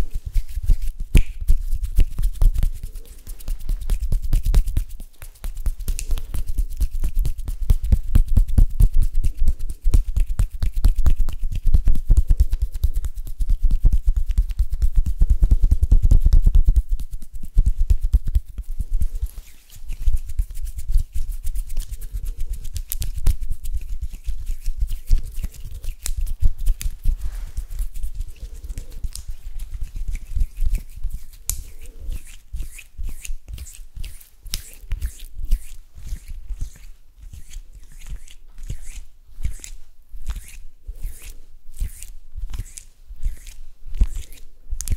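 Hand sounds: dry tapping and rubbing, with a heavy low rumble of handling for the first seventeen seconds. After that it turns lighter and sparser, and from about thirty seconds a quick, regular run of crisp taps carries to the end.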